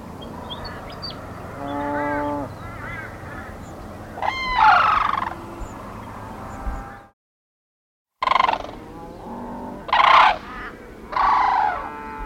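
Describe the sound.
Sarus crane trumpeting: a steady held note, then harsh arched cries and several loud raucous bursts, broken by a brief silent gap.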